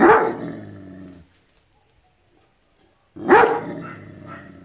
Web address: cao a ladrar som de cao a ladrar ouvir